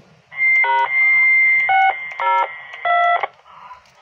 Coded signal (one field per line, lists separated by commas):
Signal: DTMF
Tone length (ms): 220 ms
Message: #602